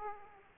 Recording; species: mosquito wingbeat signal from an infrared sensor; Aedes aegypti